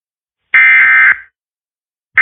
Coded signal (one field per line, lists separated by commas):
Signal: Emergency Alert System (SAME) tones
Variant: end-of-message bursts